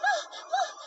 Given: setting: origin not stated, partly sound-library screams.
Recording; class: one-second piece from a danger detection set; woman in danger